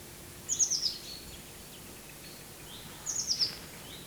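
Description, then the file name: Eurasian blue tit calls: two quick runs of four high, thin, descending notes about two and a half seconds apart, with constant noise behind. "Cyanistes caeruleus"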